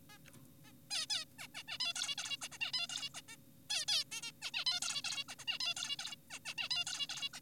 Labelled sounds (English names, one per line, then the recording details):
Zebra Finch
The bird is an adult
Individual g4p5U